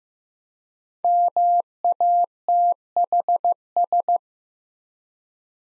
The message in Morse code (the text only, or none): MATHS